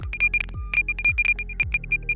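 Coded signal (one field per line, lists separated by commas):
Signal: beep code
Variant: Ovesco remOVE DC cutter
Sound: broken, stuttering high beeps at irregular short intervals over low thumping beats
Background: background music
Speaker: An intermittent or stuttering signal means that not all three tips have contact. This is not sufficient for a cut.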